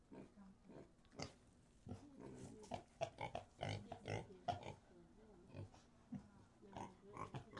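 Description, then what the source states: Pigs making soft, scattered grunts and snuffles, irregular and fairly quiet throughout. In a pig sty.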